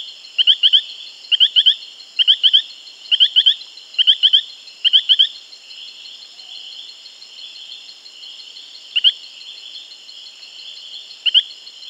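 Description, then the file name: Brilliant-thighed poison frog giving bouts of quick upswept chirps, repeated about once a second, then a few isolated notes after a pause, against constant high-pitched insect buzzing. "Epipedobates femoralis"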